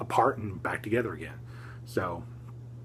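Someone talks while handling a plastic lightsaber blade that has been pulled out of an action figure's toy saber hilt, to be pushed back in so it locks into place. Speech is heard over a steady low hum. The blade has not yet seated or clicked into place.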